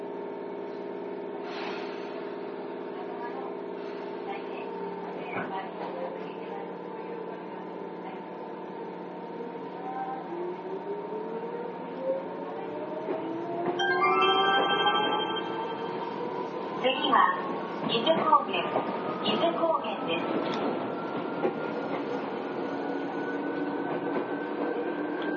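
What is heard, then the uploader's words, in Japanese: An Izukyu 8000 series train hums steadily, then its motor whine rises in pitch as it accelerates, with rail clatter and thumps, voices faintly. 伊豆急8000系 伊豆急下田〜伊東。伊豆急行線の全区間の録音です。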